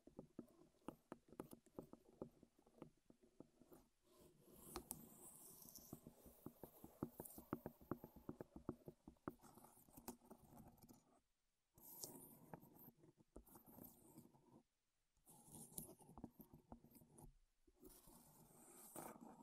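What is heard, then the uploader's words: Wooden tapping and clicking fills the recording, with dense runs of quick, crisp taps in the first ten seconds. After that come softer scratching and rustling passages broken by short silences near 11, 15 and 18 seconds. The sounds stay dry and close-miked in tone. ASMR Wood Triggers in Your Ears (No Talking).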